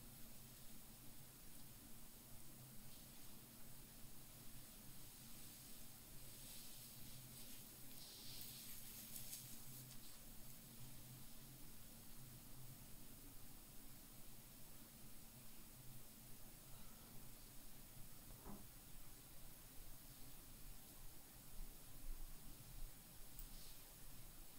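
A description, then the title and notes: Soft, steady rubbing and scratching of fingers through hair and on the scalp during an oiling head massage. The rustle stays dense and even throughout, with brighter scratchy bursts around 6–10 seconds and a single sharp tap near 18 seconds. ASMR Tingliest hair sounds Scalp oiling, head massage + skinhair scratching.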